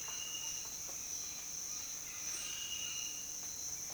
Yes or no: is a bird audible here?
no